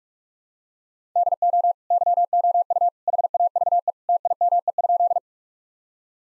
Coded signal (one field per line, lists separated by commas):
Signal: Morse code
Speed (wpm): 46 wpm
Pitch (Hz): 700 Hz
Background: none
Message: DO YOU HAVE TIME?